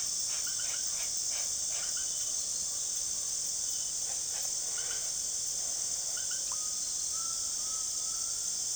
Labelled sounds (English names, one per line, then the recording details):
Undulated Tinamou
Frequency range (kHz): Undulated Tinamou 0.6-2.4 kHz
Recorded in secondary vegetation near Puerto Asís, Putumayo, Colombia, on 22 June 2025 at 18:30
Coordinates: 0.489, -76.322
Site G021